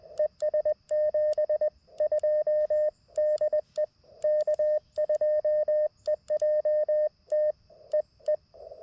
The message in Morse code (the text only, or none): ES 72 DE K2EJT EE